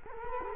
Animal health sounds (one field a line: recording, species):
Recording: mosquito wingbeat signal from an infrared sensor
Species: Culex quinquefasciatus